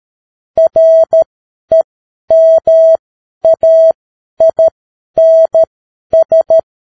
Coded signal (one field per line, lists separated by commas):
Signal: Morse code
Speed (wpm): 13 wpm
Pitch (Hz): 650 Hz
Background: none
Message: REMAINS